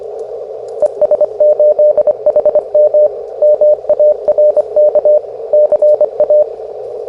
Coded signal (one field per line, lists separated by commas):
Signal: Morse code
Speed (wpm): 24 wpm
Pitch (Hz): 600 Hz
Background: radio noise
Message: ES8HM MARK CA